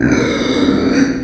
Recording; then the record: squeal of a Yucatan mini pig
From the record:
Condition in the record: before surgery on the right vocal fold (resection and tissue-engineered implant); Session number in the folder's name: 3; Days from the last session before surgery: 0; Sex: female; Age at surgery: 19 weeks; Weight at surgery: 25 kg